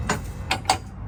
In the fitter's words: Now we let it down. It's locked in place.